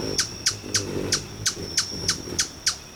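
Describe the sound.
Hummingbird giving sharp high chips, evenly repeated about three times a second, over a soft low rumble.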